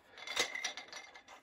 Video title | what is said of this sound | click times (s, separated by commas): Purdy Painter's Backpack Loaded Up! | going to lock down and it locks into place so it's not a twist lock feature | 0.7 s